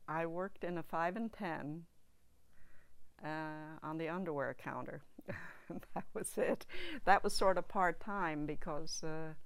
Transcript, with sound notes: I worked in a five-and -dime on the underwear counter. (she laughs) That was it. That was sort of part-time because